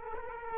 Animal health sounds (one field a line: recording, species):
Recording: mosquito wingbeat signal from an infrared sensor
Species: Culex quinquefasciatus